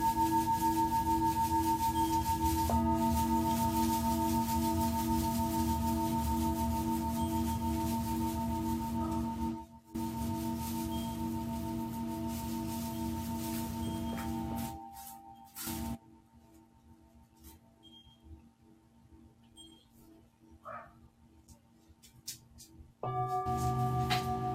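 Singing bowls ring in long, steady overlapping tones, a low hum under brighter sustained pitches. The sound cuts out briefly near ten seconds, then thins to a faint lingering tone from about fifteen seconds before the full ringing abruptly returns near twenty-three seconds.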